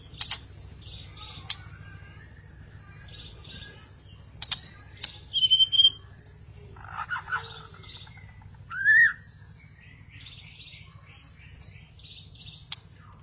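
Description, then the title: Magpie-robin or shama song of varied scattered notes: short clicks, chattering trills, a brief whistle and a rising slur, with pauses between phrases. "Suara Burung Murai"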